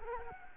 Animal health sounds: mosquito wingbeat signal from an infrared sensor; Culex quinquefasciatus

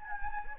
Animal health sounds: mosquito wingbeat signal from an infrared sensor; Anopheles gambiae

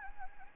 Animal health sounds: mosquito wingbeat signal from an infrared sensor; Anopheles gambiae

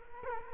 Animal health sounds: mosquito wingbeat signal from an infrared sensor; Culex quinquefasciatus

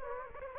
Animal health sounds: mosquito wingbeat signal from an infrared sensor; Anopheles gambiae

